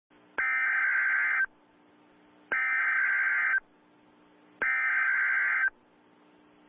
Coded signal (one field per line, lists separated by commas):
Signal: Emergency Alert System (SAME) tones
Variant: header bursts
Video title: rating basic eas alarms! part 1